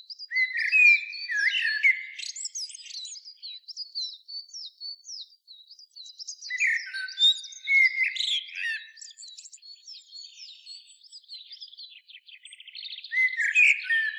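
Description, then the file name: Common blackbird song: low, mellow fluted warbles that break into high, squeaky twittering, in phrases roughly six seconds apart, with faint high chatter between phrases. "Turdus merula"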